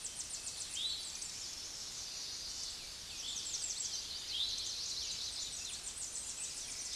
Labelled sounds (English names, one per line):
Eastern Towhee song